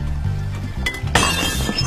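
A dish or glass clinks while dishes are being washed, then shatters with a sharp, bright crash whose glassy rattle lingers, over a steady low hum in the background.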